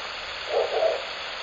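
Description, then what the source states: Owl hooting, two short low hoots in quick succession over a steady background hiss. Recorded at Shōnen no Mori on 16 May 2021 at 21:09, at night.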